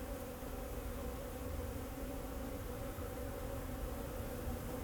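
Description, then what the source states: Bees giving a continuous droning buzz with steady low tones, holding evenly throughout against a faint rumble. Bees flying around the recordist in Jacques Brelpark, Kersbeeklaan, Vorst, Belgium; train in background; recorded binaurally with a Sennheiser Ambeo binaural headset.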